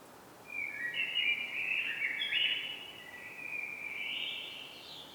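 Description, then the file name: Common blackbird song, one long rambling whistled warble with wavering notes that carries on for several seconds before softening. "Turdus merula"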